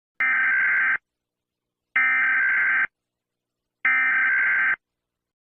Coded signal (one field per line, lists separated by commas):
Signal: Emergency Alert System (SAME) tones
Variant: header bursts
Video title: Waills And Futuna Eas Alarm 2019